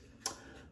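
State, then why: Seated. A rusty old razor blade is put back into a WW2-era 1940s bakelite Clix safety razor. A single sharp, bright click is heard at 0.3 s against a quiet background as the blade seats back into place.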